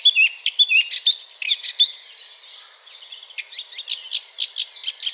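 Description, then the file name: Eurasian blackcap song with sharp, clear whistled notes and quick chatter, a short lull midway, then a run of rapid repeated twittering notes. "Sylvia atricapilla"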